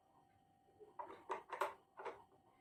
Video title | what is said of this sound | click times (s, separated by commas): Mini सिलाई machine: boutique के लिए सही विकल्प? - Mini Sewing Machine: Pros and Cons for Boutiques | ये लग गया और ये एक तरफ से लॉक हो गया ये दूसरी तरफ से लॉक हो गया सिर्फ इतना इसमें है इसमें और ज्यादा कुछ भी नहीं है | 1.3 s, 1.6 s